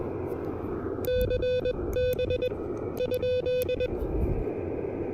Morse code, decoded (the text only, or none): CB?